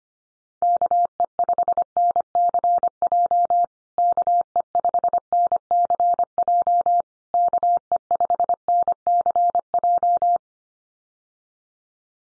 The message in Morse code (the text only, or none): KE5NCJ KE5NCJ KE5NCJ